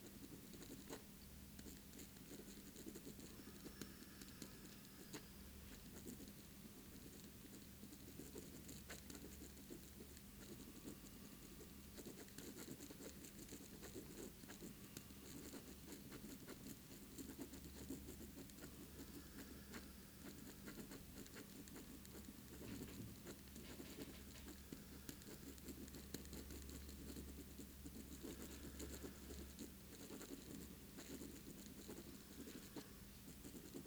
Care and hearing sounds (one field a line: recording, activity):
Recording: daily activity, guitar pickup as the sensor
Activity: write